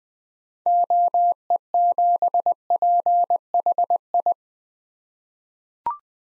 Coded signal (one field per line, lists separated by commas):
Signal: Morse code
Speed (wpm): 20 wpm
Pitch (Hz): 700 Hz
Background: none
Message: OE7PHI